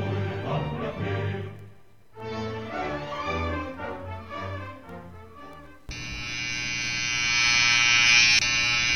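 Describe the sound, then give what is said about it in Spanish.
An electric razor switches on partway through as someone shaves, with a steady, loud, high buzzing drone that holds to the end, following several seconds of tonal, music-like sound. “Nada, aquí, afeitándome.”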